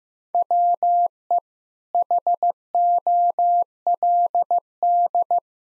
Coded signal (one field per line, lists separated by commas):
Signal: Morse code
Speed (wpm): 14 wpm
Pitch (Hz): 700 Hz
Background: none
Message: WE HOLD